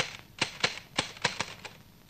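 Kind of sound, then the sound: machine, typing on a typewriter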